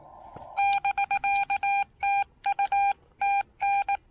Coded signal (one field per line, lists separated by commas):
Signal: Morse code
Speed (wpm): 18 wpm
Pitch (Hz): 800 Hz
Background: none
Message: <BK>TU TN